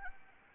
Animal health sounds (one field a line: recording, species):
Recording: mosquito wingbeat signal from an infrared sensor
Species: Anopheles arabiensis